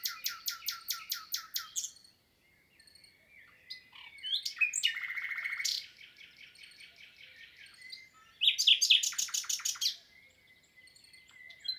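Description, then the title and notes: Common nightingale singing: a rapid run of repeated clicking notes, then a sustained buzzy trill and later a loud burst of rattling phrases. Song recorded 22 April 2020 at Lesches-en-Diois, France, the third recording since the birds' arrival, in silence from human noise; stereo, Nagra Seven recorder with MKH8040 microphones. "22 avril 2020-Lesches en diois_ Nagra seven - mkh8040 stéréo Cette année restera pour moi exceptionnelle pour le chant du Rossignol Philomène (Luscinia megarhynchos)"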